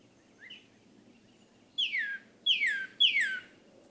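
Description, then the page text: Northern cardinal, a short soft rising note followed by three strong, ringing whistles that each sweep sharply downward. Male leaving his night roost to begin his day, in a yard crabapple tree in Hatfield, Massachusetts, one of 13 mornings in late April to early May 2018. "Cardinals awaking—13 mornings to explore! For 13 mornings during late April and early May 2018, I recorded how a male northern cardinal left the night roost and began his day"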